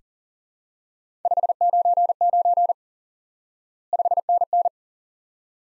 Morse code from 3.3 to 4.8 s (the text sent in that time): 5NN